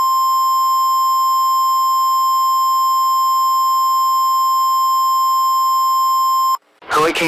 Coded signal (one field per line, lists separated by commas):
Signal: Emergency Alert System (SAME) tones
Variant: 1050 Hz attention tone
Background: speech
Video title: COASTAL ERASING (EAS Scenario)